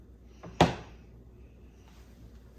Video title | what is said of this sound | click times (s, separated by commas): Upgrade Your Water: The Must-Buy RO Water System of 2024 | that in there. Make sure it clicks in. | 0.6 s